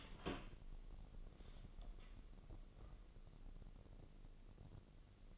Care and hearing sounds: daily activity, microphone in the room; open door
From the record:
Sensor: 4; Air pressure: 1013.1 hPa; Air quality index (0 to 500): 177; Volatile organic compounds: 2 ppm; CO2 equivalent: 1116 ppm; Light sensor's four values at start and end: 74/181/77/77 and 96/240/99/107

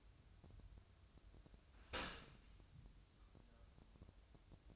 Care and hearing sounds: daily activity, microphone in the room; open dishwasher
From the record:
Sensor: 2

